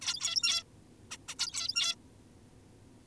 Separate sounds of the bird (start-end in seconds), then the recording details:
0.02-0.64, 1.11-1.17, 1.29-1.35, 1.39-1.95. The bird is an adult. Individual g17y2U